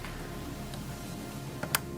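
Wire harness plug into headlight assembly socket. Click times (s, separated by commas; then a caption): 1.8 s. A wire harness plug is pushed into the headlight assembly socket on a 2011–2016 Hyundai Elantra during a front park light bulb replacement. Over a steady tonal background hum, a faint tick at 1.6 s is followed by a short, sharp click at 1.8 s as the connector seats.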